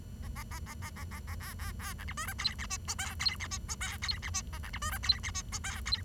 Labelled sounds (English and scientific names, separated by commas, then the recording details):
Bengalese Finch (Lonchura striata domestica) song
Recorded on 23 June 2012 at 09:53
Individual gr41rd51